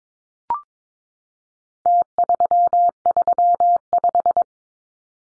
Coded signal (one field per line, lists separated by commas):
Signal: Morse code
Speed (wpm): 22 wpm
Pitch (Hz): 700 Hz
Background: none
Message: T335